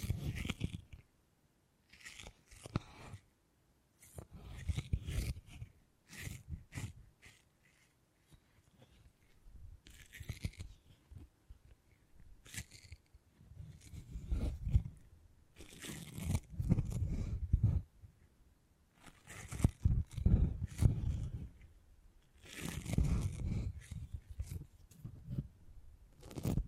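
Beeswax being handled and pressed, giving irregular bursts of crinkly, crunchy crackling with a low thudding undertone. The sounds come in clusters of a second or two separated by near-silent pauses, with denser, louder stretches around 16 and 20–25 seconds.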